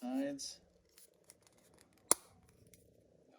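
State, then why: Seated. Someone talks at the start, then the sides of a Dodge Ram's plastic key fob shell are squeezed together into their grooves, with a few faint ticks. At 2.1 s the halves snap shut with one sharp, loud click, and the case is seated.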